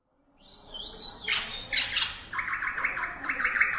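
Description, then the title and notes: Greater green leafbird song: a high whistled opening phrase, then rapid buzzy chattering notes repeated steadily. Champion bird. "Kicau Burung Cucak Ijo Juara. Suara kicauan burung cucak ijo"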